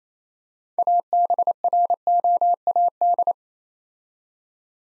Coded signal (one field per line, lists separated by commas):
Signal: Morse code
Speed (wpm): 27 wpm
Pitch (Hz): 700 Hz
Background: none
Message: ABROAD